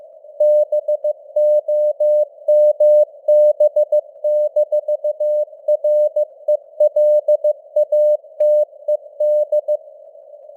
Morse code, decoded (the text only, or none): BOMB-RELATED